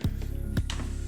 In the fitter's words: and it clicks into place okay now it's less of a footprint